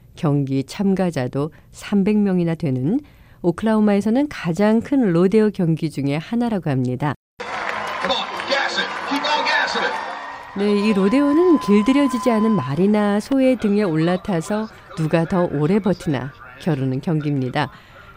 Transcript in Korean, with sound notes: 경기 참가자도 300명이나 되는, 오클라호마에서는 가장 큰 로데오 경기 중의 하나라고 합니다.
[녹취: 오클라호마 로데오 경기 현장음]
로데오는 길들여지지 않은 말이나 소의 등에 올라타서 누가 더 오래 버티나 겨루는 경기입니다.